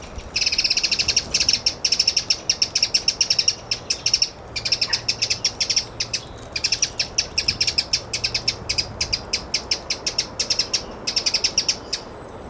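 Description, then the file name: Eurasian wren song: long rapid outpourings of high trills and ticking notes, broken by short pauses, very fast and energetic, with a faint low hum beneath. "Troglodytes troglodytes"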